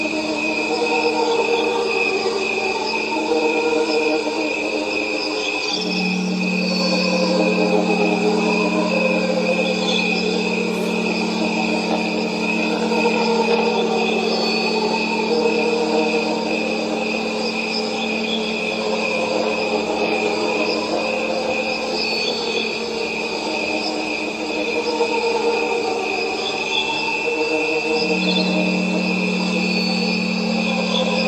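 Crickets chirr in a dense, steady bed while several long pure tones hum beneath them, stacked at different pitches like tuning forks. A low steady tone swells in around six seconds and holds, with another entering near twenty-eight seconds. The overall level stays even throughout.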